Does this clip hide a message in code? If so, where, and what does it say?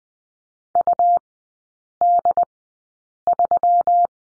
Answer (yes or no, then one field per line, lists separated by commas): yes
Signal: Morse code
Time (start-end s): 0.8-4.1 s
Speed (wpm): 20 wpm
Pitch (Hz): 700 Hz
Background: none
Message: UD3